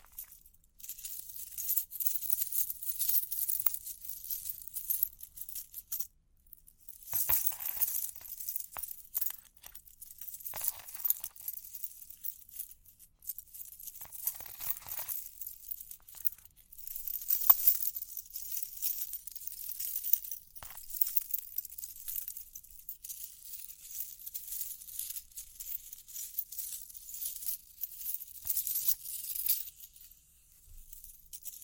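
Close, bright jingling and scratching with a light metallic clink runs the whole time, busy and uneven. Sharper, fuller bursts stand out around 7, 15 and 17 seconds, and quieter rustling fills the gaps between them.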